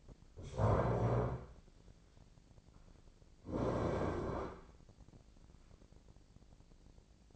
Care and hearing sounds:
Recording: daily activity, microphone in the room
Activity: stand up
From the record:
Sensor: 5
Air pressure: 1009.3 hPa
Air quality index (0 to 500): 161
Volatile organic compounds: 2 ppm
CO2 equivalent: 1231 ppm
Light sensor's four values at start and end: 228/549/230/249 and 222/535/224/242

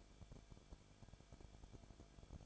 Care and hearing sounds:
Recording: daily activity, microphone in the room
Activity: no activity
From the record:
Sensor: 5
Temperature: 20.4 degrees Celsius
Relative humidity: 39.8%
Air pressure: 1010.8 hPa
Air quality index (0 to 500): 165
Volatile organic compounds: 15 ppm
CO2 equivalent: 2502 ppm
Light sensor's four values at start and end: 2/3/1/1 and 2/3/1/1

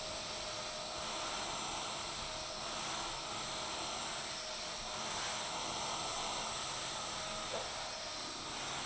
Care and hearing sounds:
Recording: daily activity, microphone in the room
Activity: vacuum cleaning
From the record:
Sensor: 5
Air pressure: 999.4 hPa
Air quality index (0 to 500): 226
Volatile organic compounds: 23 ppm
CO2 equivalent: 2768 ppm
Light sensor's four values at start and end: 34/79/32/30 and 34/79/32/30

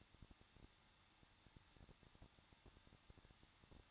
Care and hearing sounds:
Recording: daily activity, microphone in the room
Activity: no activity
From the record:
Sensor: 3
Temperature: 21.2 degrees Celsius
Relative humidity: 36.4%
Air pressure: 1006.3 hPa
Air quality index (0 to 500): 222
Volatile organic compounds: 42 ppm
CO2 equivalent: 3175 ppm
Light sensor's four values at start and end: 2/3/2/2 and 2/3/2/2

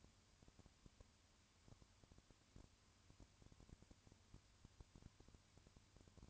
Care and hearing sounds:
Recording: daily activity, microphone in the room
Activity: no activity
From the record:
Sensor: 2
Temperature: 20.3 degrees Celsius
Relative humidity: 35.5%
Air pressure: 1000.9 hPa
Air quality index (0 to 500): 196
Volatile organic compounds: 5 ppm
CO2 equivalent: 1728 ppm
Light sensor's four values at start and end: 2/3/2/2 and 2/3/2/2

